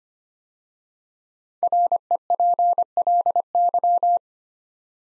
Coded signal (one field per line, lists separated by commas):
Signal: Morse code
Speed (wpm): 25 wpm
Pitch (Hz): 700 Hz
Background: none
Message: REPLY